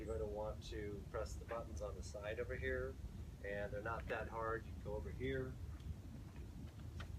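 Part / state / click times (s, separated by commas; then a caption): side release button of a folding ping-pong table frame / released / 7.0 s. A side release button on the folding frame of a Kettler Top Star XL outdoor ping-pong table is pressed to unlock it for raising or lowering. Someone talks over a steady low hum. A short click at 7.0 s marks the button releasing the lock.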